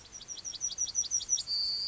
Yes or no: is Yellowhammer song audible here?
yes